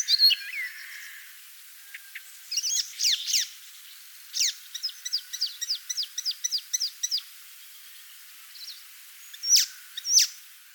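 Icterine warbler giving scattered chirps, then a quick run of repeated sharp notes, and a few more high calls near the end.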